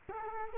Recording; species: mosquito wingbeat signal from an infrared sensor; Culex quinquefasciatus